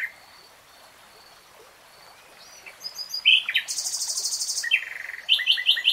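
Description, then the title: Nightingale song: quiet at first, then sharp notes, a fast high buzzy trill and rapid repeated chirps close together. Nightingale singing in real time. "[Tiếng chim hót] 3 Hours REALTIME Nightingale Singing"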